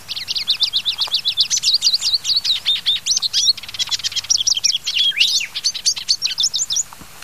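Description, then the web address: Hooded siskin song, a long, fast, high twittering run of chirps and trills that swoop up and down, with a few sharp rising notes near the end. South America. "Natures Songs S America Hooded Siskin"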